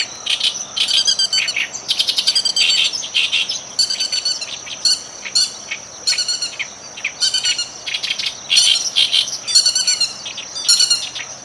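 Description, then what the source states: Oriental reed warbler delivering a near-continuous string of harsh, croaking and chattering notes in repeated short phrases, with a steady shrill insect drone behind. Recorded 12 June 2011.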